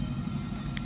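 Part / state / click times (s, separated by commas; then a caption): wiper blade adapter onto wiper arm hook / seated / 0.8 s. A front windshield wiper blade's plastic adapter is pulled onto the hooked wiper arm of a 2023 Kia Sorento over a steady low rumble of background noise. A single sharp click is heard at 0.8 s as the blade seats onto the arm.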